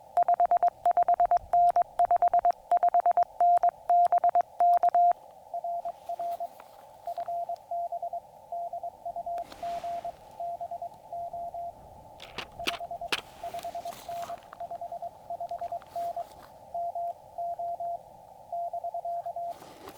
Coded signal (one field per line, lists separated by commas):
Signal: Morse code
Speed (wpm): 22 wpm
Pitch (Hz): 690 Hz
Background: radio noise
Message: 55N 55N BK RR FB DUGBO 55N 55N MO <BK>